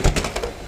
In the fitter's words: ये लॉक हो गया,